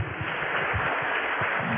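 An audience at a forum at the Universidad Internacional de las Comunicaciones applauds in a steady, dense wash of clapping that holds at an even level for the whole couple of seconds, with no voices on top.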